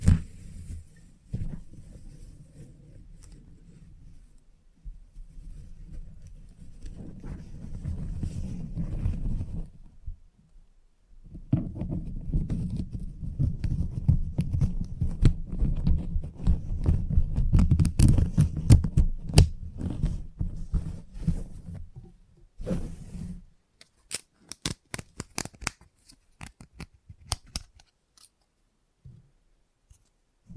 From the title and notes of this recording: ASMR Relaxing Salon Haircut Head Massage, Scissors and Clipper(No Talking).